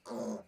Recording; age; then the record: pig call; piglet (1 to 25 days)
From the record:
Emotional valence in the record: negative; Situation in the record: restrain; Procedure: back test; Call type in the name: low-frequency call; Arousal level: maximum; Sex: female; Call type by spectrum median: low-frequency call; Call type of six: low-frequency stable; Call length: 0.48 s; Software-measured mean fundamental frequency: 56 Hz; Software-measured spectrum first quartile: 255 Hz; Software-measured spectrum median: 480 Hz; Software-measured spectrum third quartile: 838 Hz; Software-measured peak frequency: 586 Hz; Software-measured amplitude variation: 170 dB a second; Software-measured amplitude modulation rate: 17.6 a second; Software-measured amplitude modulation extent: 9.7 dB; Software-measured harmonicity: 3.2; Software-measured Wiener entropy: -0.07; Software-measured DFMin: 1473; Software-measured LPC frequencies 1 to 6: 510, 3663, 4580, 6468, 7418, 8809 Hz